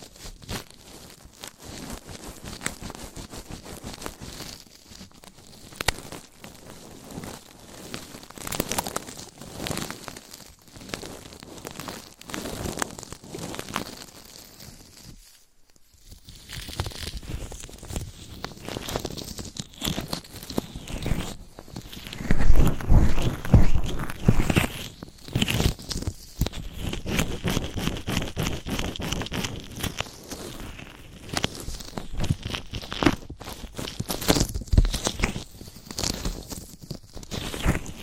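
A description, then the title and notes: Ear scratching and brushing, a dense run of dry crackling scrapes and rustles right at the microphone. The strokes come quickly and unevenly, with a brief silence around the fifteen-second mark. After that the scraping grows louder and more crunchy in bursts. ASMR Massage Inside Your Ears Ear Scratching & Brushing. No Talking.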